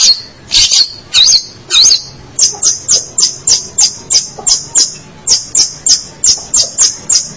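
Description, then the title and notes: Long-tailed shrike song opening with a few harsh, twisting notes, then a fast, even run of short high clipped notes. March 2017. "Pentet 201703. Suara burung pentet"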